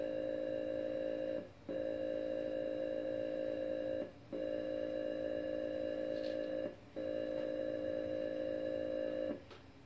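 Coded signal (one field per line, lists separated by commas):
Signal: computer data on cassette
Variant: Atari 8-bit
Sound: four steady buzzing tone blocks, each about 2.5 seconds, separated by brief silences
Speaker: stick with me again this isn't going to take very long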